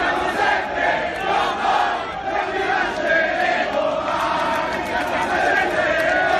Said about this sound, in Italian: Questi i cori di sostegno da parte di circa 300 tifosi che hanno accolto stamattina all'aeroporto di Caselle i bianconeri, reduci appunto del 4-1 di Cardiff contro il Real Madrid.